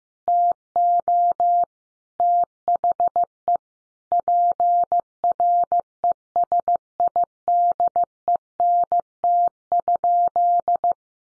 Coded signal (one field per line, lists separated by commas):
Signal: Morse code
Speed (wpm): 15 wpm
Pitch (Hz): 700 Hz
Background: none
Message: TO THE PRESIDENT?